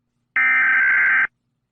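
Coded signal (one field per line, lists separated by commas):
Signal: Emergency Alert System (SAME) tones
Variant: header bursts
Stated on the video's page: Fictional EAS scenarios.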